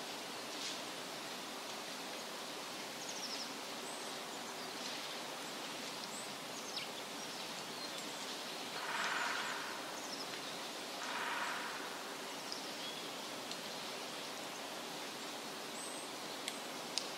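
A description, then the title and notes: Forest sounds: a steady, dense hiss like rushing water or wind fills the whole clip. Two soft swells of louder rushing rise around 9 and 11 seconds, and faint high chirps and a few small ticks appear near the end. Forest Relaxation Journey. Peaceful Sounds of the Forest.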